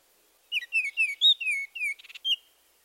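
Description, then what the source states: Baltimore Oriole song: a rich, flute-like string of whistled notes, slurring down and up, ending with a brief buzzy rattle and one last whistle. One of four songs by different individuals; elaborate, flute-like whistle of melodious phrases with a consistently rich tone.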